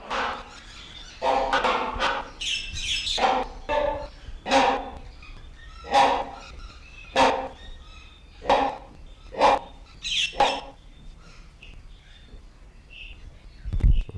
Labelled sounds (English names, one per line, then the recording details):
Great Hornbill call
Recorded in captivity
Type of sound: call
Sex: pair
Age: adult
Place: Zoo Berlin, Berlin, DE
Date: 1993-04-02 10:47
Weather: sonnig, -1 bis + 5°C
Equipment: Marantz CP 430, Sennheiser ME 80, Kopie Uher Variocord 263
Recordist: Tembrock, Günter
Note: Rufreihen-Ende, (Paar, dann Männchen allein)